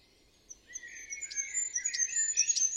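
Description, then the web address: Bird song: high, thin whistles and a lower warbled line, with short sharp notes breaking in, growing louder toward the end. "Bird Only"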